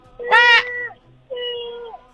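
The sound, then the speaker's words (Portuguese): A person yowls like a cat in heat: two drawn-out, nasal wails, the first loud and harmonically rich, the second softer and steadier, trailing off with a slight downward bend. “Parece um gato no cio, velho.”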